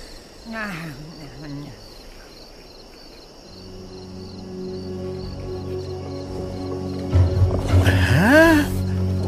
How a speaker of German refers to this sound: Da sind zwei Tiger aus Diegos Rudel.